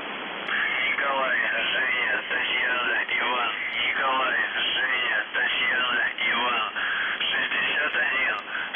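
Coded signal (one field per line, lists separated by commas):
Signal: numbers station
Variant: UVB-76 voice message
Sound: a distorted male voice speaks through radio static, no buzz tones heard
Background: radio static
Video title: The Buzzer/UVB-76(4625Khz) May 3, 2021 13:04UTC Voice message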